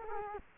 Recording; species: mosquito wingbeat signal from an infrared sensor; Culex quinquefasciatus